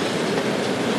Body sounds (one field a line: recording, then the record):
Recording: background sound without coughing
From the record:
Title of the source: Office Sounds Ambience - Background Noise for Study and Work